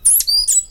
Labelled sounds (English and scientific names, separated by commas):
Stitchbird (Notiomystis cincta) song